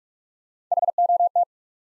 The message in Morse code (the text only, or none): H O T